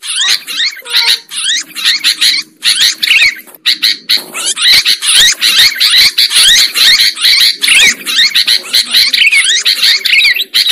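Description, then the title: Lovebird calls forming a dense, steady stream of shrill, scratchy squeaks throughout. Lure sound used for trapping lovebirds. "PIKAT BURUNG LOVEBIRD"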